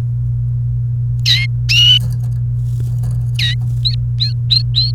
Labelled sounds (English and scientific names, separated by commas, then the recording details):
Domestic Canary (Serinus canaria) song
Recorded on 28 April 2018 at 12:20
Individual llb3